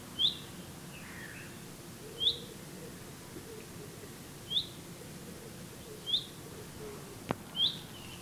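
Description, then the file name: Common chaffinch calls, short sharp high notes repeated every one and a half to two and a half seconds, five in all, over a low steady background hum with one brief click. "Fringilla coelebs"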